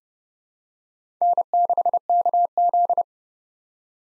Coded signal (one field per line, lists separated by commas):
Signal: Morse code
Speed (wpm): 32 wpm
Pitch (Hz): 700 Hz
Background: none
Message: N6KZ